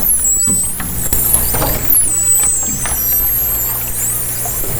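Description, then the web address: Underwater dolphin calls: sweeping high whistles that rise, dip and loop, with a low steady hum and faint pulses beneath. Underwater hydrophone, 2010. "interspecies dolphin"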